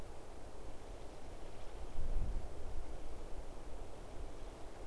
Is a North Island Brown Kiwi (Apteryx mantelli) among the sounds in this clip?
no